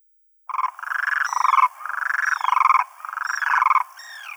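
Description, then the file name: Demoiselle crane calling in rolling, rattling bursts, each about a second long with a purring pulsed texture, separated by brief pauses. "zhuravl krasavka golos"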